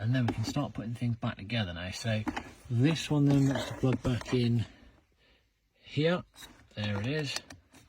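Someone talks while handling a USB wiring connector behind the dash of a GR Yaris, lining it up to plug back into its socket during reassembly. A couple of faint, brief handling sounds come near the end, but the connector has not seated or clicked yet.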